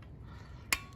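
A click-type torque wrench tightens the second fuel rail bolt, across from the first, on a Ford Mustang during fuel injector replacement. Against a low, steady background rumble, one sharp, bright metallic click sounds at 0.7 s, the wrench releasing at 89 inch pounds. The bolt is torqued.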